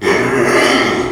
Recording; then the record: squeal of a Yucatan mini pig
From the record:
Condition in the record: after surgery on the right vocal fold (resection and tissue-engineered implant); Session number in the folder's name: 2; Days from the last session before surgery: 13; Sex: male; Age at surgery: 12 weeks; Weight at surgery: 13 kg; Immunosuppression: cyclosporine, prednisolone